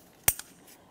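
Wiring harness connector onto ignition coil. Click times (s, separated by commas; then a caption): 0.3 s. On a 2014-2018 Mazda 3 2.0L, the electrical wiring harness plug is lined up and pressed onto the ignition coil, giving a sharp, bright click from its plastic latch at 0.3 s and a fainter tick at 0.4 s. The connector is seated and is then tugged to confirm it is secured in place.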